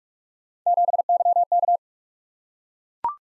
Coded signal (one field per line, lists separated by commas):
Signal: Morse code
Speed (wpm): 44 wpm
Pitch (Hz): 700 Hz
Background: none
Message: 7YK